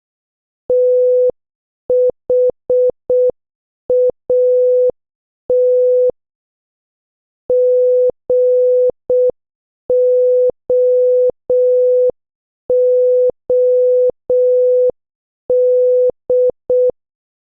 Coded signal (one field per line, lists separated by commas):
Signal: Morse code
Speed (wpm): 6 wpm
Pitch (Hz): 500 Hz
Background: none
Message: THAT GOOD